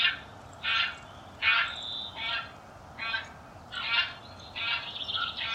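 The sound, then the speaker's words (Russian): Bean goose calls: a run of about seven harsh, nasal honks in an uneven rhythm, some doubled or drawn out, ringing clearly over a faint low background hiss with no talking. “А это, между прочим, уже гуменник.”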